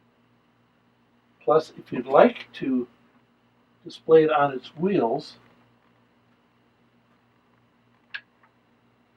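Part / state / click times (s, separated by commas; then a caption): retractable wheel into model airplane wing / seated / 8.2 s. A man talks from about 1.4 to 5.6 s while the retractable landing wheel of an aluminum Spitfire model airplane is swung down from the wing. A sharp click at 8.2 s marks the wheel locking into place like the original, followed by a faint tick at 8.4 s.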